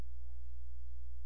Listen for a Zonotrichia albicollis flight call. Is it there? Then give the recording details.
no. No flight call is heard. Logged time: 00:15 on 16 September 2014